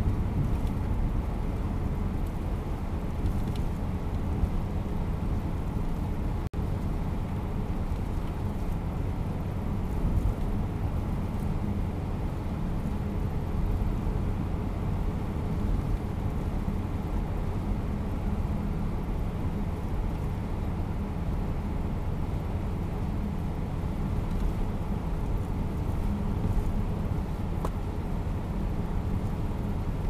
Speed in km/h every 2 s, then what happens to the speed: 90, 90, 89, 89, 89, 90, 90, 91, 90, 90, 90, 89, 88, 88, 89.
0-30 steady at about 90.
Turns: none.